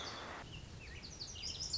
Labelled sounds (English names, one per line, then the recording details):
Lazuli Bunting
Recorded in Sonoma County, California